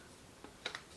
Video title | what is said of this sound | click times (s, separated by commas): Weighted Hula Hoop Tips for Beginners! | they just snap together like this it's really simple that's how you put them together | 0.7 s